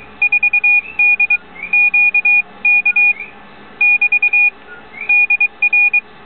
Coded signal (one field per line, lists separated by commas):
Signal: Morse code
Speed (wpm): 23 wpm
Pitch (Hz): 2450 Hz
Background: none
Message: 4DQK <BT> DR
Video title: Piero Begali CW message